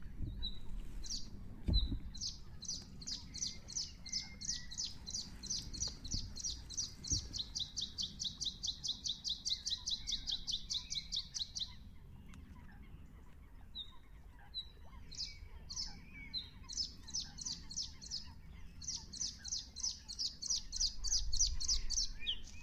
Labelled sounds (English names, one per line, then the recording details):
Bluethroat song
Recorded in the wild
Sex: male
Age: adult
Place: Kützerhof, Kummerower See, Mecklenburg-Vorpommern, DE
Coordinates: 53.8411, 12.8756
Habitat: wetland
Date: 2010-04-13 20:29
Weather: cloudy, ca. 10°C, weak northerly winds
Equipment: Sound Devices 702, zwei Sennheiser MKH 40, Rycote Windschutz
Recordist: Frommolt, Karl-Heinz